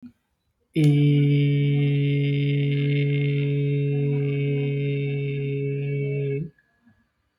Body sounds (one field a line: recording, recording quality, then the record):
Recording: sustained vowel as in made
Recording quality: excellent, no background noise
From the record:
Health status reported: healthy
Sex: male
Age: 30 years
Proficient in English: yes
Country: India